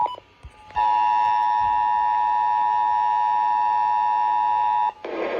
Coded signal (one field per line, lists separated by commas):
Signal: Emergency Alert System (SAME) tones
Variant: 853 and 960 Hz attention tone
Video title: Required Monthly Test | EAS #647 - #649